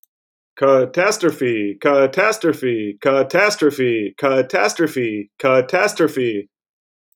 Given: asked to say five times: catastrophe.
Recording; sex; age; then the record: repeated word; male; 30 to 39 years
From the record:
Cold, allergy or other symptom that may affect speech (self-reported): no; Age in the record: 31 years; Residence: Minnesota, United States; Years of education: 16